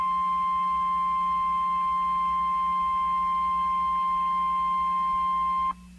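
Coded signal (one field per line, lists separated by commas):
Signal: Emergency Alert System (SAME) tones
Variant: 1050 Hz attention tone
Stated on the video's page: Severe thunderstorm watch from a NOAA Weather Radio station, issued by the Storm Prediction Center.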